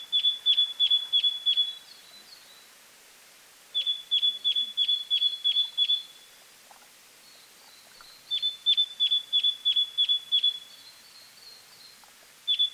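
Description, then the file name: Great tit calling in repeated runs of six or seven sharp, even, high notes, each run separated by a short silence, with soft faint chirps between. "Parus major"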